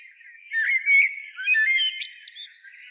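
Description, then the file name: Common blackbird giving a rich, warbling whistled phrase that ends in a few thin, squeaky high notes. "Turdus merula"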